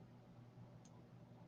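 The box clasp tongue of a sterling silver bracelet or necklace is pushed into its metal box housing until it latches shut, with a click confirming it is safe. Over a steady low background hum, a single faint, short, high-pitched click sounds at 0.9 s. The clasp is seated and locked.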